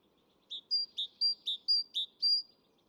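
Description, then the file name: Great tit, a short run of ringing whistled notes alternating high and lower, over quiet background. "Parus major"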